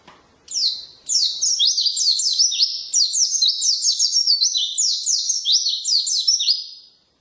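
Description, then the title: White-eye song, a continuous stream of rapid, high, tinkling twitters lasting about six seconds. Wild forest (ngalas) white-eye with a fill-in (isian) song, used for training songbirds (masteran). "mster Mnuk. Pleci ngalas isian untuk masteran"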